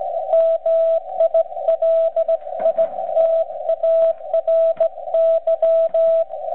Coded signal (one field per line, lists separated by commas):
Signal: Morse code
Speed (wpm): 16 wpm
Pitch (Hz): 660 Hz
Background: radio noise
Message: MILITARY